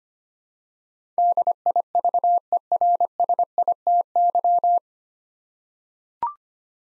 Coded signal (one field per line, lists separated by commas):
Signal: Morse code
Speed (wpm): 25 wpm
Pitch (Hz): 700 Hz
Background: none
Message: DIVERSITY